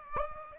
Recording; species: mosquito wingbeat signal from an infrared sensor; Aedes aegypti